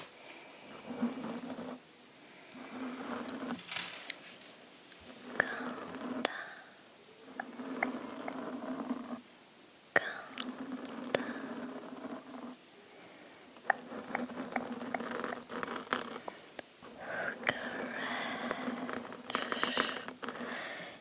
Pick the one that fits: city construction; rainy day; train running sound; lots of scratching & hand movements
lots of scratching & hand movements